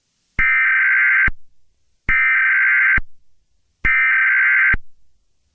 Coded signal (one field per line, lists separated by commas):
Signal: Emergency Alert System (SAME) tones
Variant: header bursts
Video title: EAS Scenario||Rain Rain Go away Part One